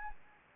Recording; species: mosquito wingbeat signal from an infrared sensor; Anopheles gambiae